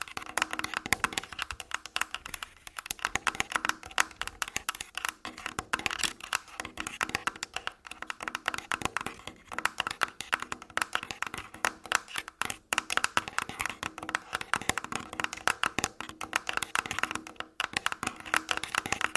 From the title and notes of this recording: ASMR Tascam Full Body Tapping & Scratching (No Talking).